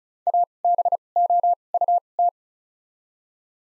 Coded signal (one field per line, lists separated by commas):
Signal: Morse code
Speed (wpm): 36 wpm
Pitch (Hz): 700 Hz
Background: none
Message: A B O U T